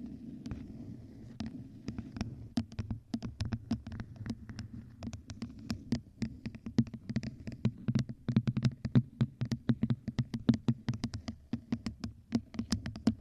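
Sharp tapping on objects comes in quick, uneven bursts that grow denser after a sparse start, over a steady low hum throughout.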